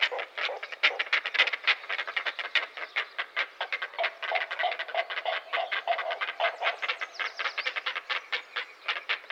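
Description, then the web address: Great blue heron giving dense, rapid chattering, many harsh notes in a continuous rough clamour. "Dan Gibson's Solitudes Nature Trails. Great Blue Heron"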